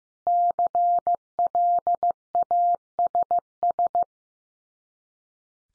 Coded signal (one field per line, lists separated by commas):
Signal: Morse code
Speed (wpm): 15 wpm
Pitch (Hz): 700 Hz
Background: none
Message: CLASS